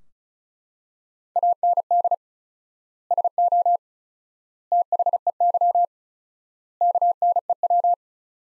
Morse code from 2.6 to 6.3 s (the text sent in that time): SO THEY